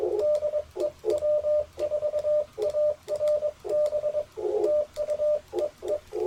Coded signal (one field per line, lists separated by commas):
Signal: Morse code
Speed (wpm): 21 wpm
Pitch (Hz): 600 Hz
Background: none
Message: DE W4ARB TU EE